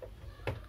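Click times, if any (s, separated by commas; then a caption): 0.5 s. A SATA cable plug is pushed into the socket on an SSD inside a compact desktop PC. A single sharp click at 0.5 s rises above a low background hum, and the plug is seated properly.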